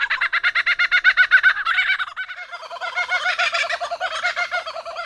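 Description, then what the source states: Superb Lyrebird mimicking a kookaburra: a long run of fast, repeated cackling notes, turning into a raucous, chuckling laugh. Superb lyrebird imitating a laughing kookaburra.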